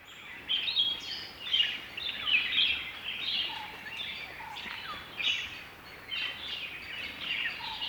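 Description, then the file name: Bulbul calls: short, bright chattering and warbling notes running on continuously over a steady hiss. "Cheery Bulbuls"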